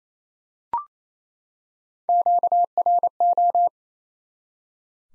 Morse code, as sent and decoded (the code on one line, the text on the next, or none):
--.- .-. ---
QRO